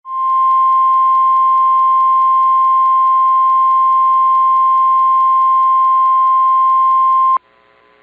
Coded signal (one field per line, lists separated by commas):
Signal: Emergency Alert System (SAME) tones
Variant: 1050 Hz attention tone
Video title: Laclede County, MO Civil Emergency Messages EAS Audio | 04/23/2024